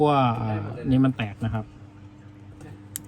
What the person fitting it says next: ให้มันดังแป๊กแบบนี้คือจบแล้วไม่ต้องงัดขึ้นนะครับทีเดียวจบเลยนะครับ